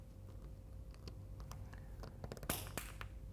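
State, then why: Seated. The plastic top end cap is pushed onto the end of a Tresco by Rev-A-Shelf Side-Emitting Neoloop (N1) LED neon strip and its link cord connector. Light taps and handling clicks lead to a loud, sharp click at 2.5 s, showing the end cap has seated correctly, followed by a few softer clicks.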